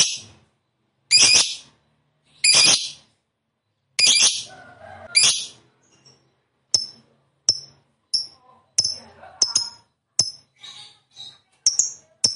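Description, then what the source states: Lovebird calls, several loud harsh shrieks followed by a series of short sharp high chips, irregularly spaced. Fighter lovebird described as gacor, meaning singing energetically.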